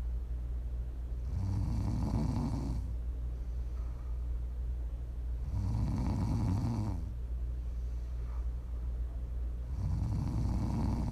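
Three loud, low, rattling snores come on the in-breath about every four seconds, roughly 14 breaths a minute, with softer breathing out between them. A steady, regular pattern of ordinary snoring from an adult sleeper over a constant low background hum, made as ASMR snoring for listening to sleep, relax or wind down.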